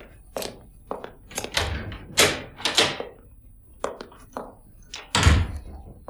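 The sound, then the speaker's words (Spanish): A front door opens and shuts amid a flurry of sharp wooden clunks and thumps, irregularly spaced, with a heavier final thud and no talking. “Pues la verdad, debió irse corriendo porque cuando abrí no había nadie.”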